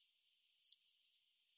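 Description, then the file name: Eurasian blue tit giving a short, high, slightly buzzy phrase that slides downward and lasts about half a second. "Cyanistes caeruleus"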